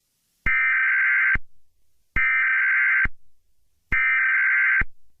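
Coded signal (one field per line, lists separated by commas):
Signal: Emergency Alert System (SAME) tones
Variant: header bursts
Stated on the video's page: Fictional alert tones in an Among Us-themed EAS scenario.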